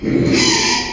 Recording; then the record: squeal of a Yucatan mini pig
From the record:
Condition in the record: after surgery on the right vocal fold (resection and tissue-engineered implant); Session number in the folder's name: 2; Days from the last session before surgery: 13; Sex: male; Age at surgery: 12 weeks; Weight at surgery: 13 kg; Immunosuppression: cyclosporine, prednisolone